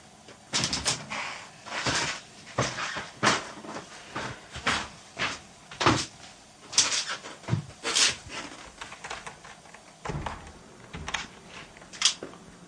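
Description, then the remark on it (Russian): A door is being opened amid a long run of irregular clattering knocks and rattles, sharp and moderately loud, with no voices. “Открой это, Николай Иванович.”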